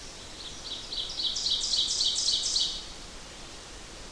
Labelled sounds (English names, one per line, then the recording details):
Ovenbird song
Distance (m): 15 m
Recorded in boreal forest in Alberta, Canada, on 8 June 2016 at 06:34
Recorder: SongMeter 3, array SBT-3-9
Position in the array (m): 47 m, 103 m
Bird 33